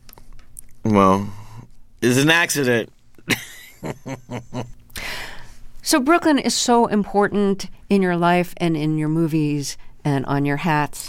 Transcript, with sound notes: Well, it's an accident (laughter).
So Brooklyn is so important in your life and in your movies and on your hats